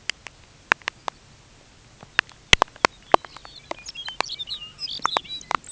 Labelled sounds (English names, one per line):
Lapland Longspur
unidentified sound